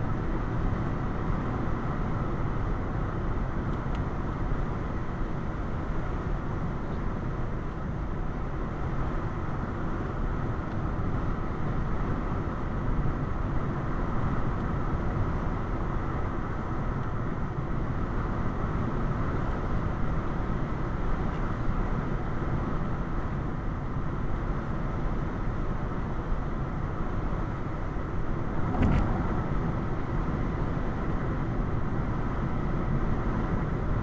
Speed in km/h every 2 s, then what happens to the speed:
97, 95, 93, 93, 95, 95, 97, 97, 97, 97, 97, 95, 93, 93, 95, 95, 97.
0-34 steady at about 95.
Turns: none.